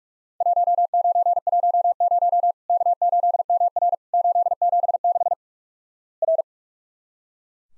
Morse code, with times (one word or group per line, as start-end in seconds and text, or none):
0.4-2.5 1910
2.7-3.9 K8MR
4.1-5.3 876
6.2-6.4 R